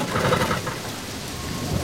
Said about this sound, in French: Le ciel est noir. La pluie continue de tomber.